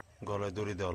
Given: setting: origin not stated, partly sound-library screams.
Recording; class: one-second piece from a danger detection set; normal situation